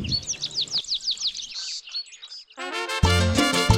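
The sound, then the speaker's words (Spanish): Birds living in the coffee-growing system of Cuzalapa chirp in a quick run of high, downward-sweeping tweets, then after a short lull a louder, richer burst of warbling song takes over. No one speaks. “Igual retienen humedad, suelo, y es el lugar donde habitan aves, que también nos ayudan mucho con el control de plagas de manera natural.”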